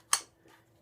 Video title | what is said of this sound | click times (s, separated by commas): BERETTA Silver Pigeon... Avoiding damage to your gun... Roger Pace | and it clicks and you can see that it's still tight | 0.1 s